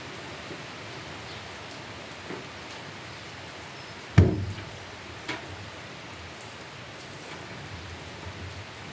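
Steady summer storm rain hisses throughout at Colle Castello, Tivoli, with one sudden loud splat a little before the midpoint and a softer one soon after. No voices.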